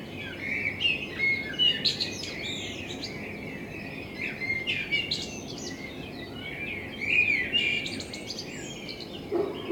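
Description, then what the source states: Common blackbird singing repeated phrases of rich fluted notes, each ending in squeaky high twitters, with brief pauses between phrases. Blackbird in front of the recordist's window; captured binaurally with a self-built dummy head, for headphone listening.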